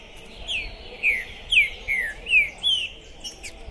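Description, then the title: Green-winged saltator singing six bright, downward-sliding whistles at a quick pace, each note full and ringing. Captive bird chirping, singing and 'macheando' (competitive display singing) while warming up at a songbird tournament entrance, 2021. "Esse É PERFEITO Para ESQUENTAR Seu TRINCA Piando, Cantando E Macheando Na DISPUTA. Esse TRINCA FERRO ficou POSSUÍDO na PORTA do TORNEIO!. Trinca Ferro Pistoleiro 2021!"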